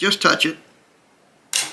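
Someone talks briefly, then after a pause the front trigger of a double set trigger on an 1867 Remington rolling-block rifle, already set by pulling the rear trigger all the way back, is lightly touched. The hammer releases with a sharp, loud metallic click at 1.6 s.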